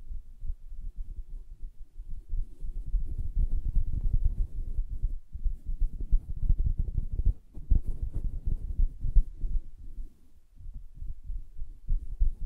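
Fingers tap and scratch on a soft fabric surface in a dense, continuous patter of low, muffled thuds. The rubbing stays dull and low, with brief pauses near 5, 7.5 and 10.5 seconds before resuming at a similar busy pace.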